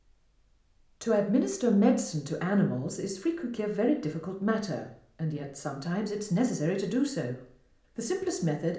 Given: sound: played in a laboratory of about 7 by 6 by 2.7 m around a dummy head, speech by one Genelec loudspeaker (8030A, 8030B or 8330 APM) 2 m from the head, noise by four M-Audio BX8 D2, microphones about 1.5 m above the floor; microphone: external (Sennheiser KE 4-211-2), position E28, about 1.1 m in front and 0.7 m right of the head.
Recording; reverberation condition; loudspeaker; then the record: female speech in English; medium; 60 degrees to the right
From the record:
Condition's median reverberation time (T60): about 510 ms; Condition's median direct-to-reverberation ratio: about -0.5 dB